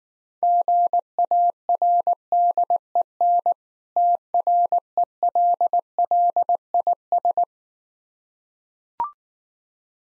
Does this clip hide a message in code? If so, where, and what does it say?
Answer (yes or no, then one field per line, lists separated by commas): yes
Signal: Morse code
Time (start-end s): 0.4-7.4 s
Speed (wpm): 19 wpm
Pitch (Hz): 700 Hz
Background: none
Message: GARDEN TRELLIS